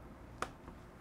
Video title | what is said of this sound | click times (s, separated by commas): How to Make the ITH Rivet Pouch 1 | Heard it, little snap. | 0.4 s